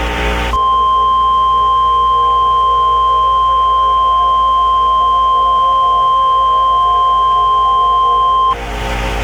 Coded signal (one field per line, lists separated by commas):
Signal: Emergency Alert System (SAME) tones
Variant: 1050 Hz attention tone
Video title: EAS Re-creation | Classic DFW Activity (3/26/2017)